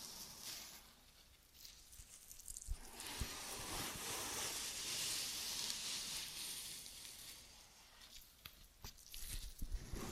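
Ear and scalp massage with cleaning: soft scratchy rubbing and crackling, like fingers working through hair. The rubbing swells into a dense, bright hiss from about three to seven seconds, then eases back to quieter brushing with scattered small clicks and taps.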